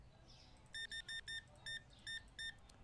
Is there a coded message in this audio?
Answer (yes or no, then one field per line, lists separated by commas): no